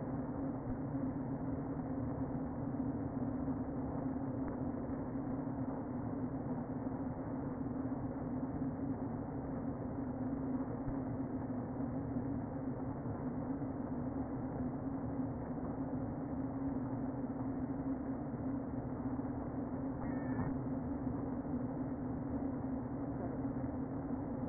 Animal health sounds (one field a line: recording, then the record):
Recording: honeybee colony, microphone inside the hive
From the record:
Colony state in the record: queen present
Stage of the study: before two queens were removed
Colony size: about 60,000 bees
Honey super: yes